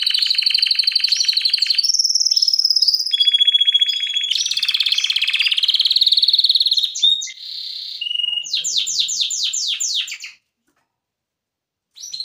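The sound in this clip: Canary song: sustained fast trills at several pitches, each tour changing abruptly, then a series of rapid descending sweeps before silence and a final note.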